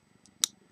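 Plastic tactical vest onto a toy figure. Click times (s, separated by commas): 0.4 s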